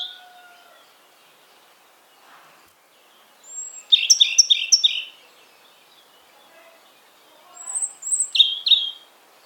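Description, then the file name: European robin song: a high whistle then a rapid string of sparkling notes, and after a pause another high whistle followed by a few notes. "Erithacus rubecula"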